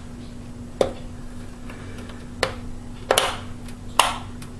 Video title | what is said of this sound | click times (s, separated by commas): How To Replace Memory In Your Desktop PC | both ends snapped in | 3.2 s, 4.0 s